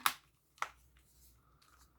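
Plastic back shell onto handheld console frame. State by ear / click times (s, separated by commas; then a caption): seated / 0.1 s, 0.6 s. The plastic back shell of a Nintendo Switch Lite is pressed onto the handheld's frame during reassembly after an analog joystick swap, and its clips snap home. Two sharp, bright plastic clicks land at 0.1 s and 0.6 s over a quiet background. The shell is seated, and it sounds terrible as it clicks into place.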